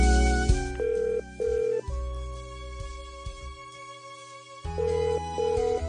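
A telephone rings in two short electronic bursts of rapid, high-pitched warbling tones, separated by a pause, as a child phones her mother, with a soft musical backing underneath and no one speaking.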